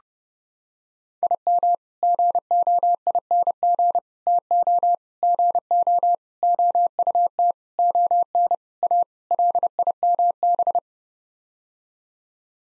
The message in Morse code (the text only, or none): IM GOING TO GO OUT ON A LIMB